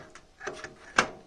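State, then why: Seated. A solid-state drive, its four holes lined up on the four prongs of a computer case's plastic drive bracket, is pressed in. A few soft ticks and scrapes come before a sharp, loud snap at 1.0 s as the drive seats in the bracket.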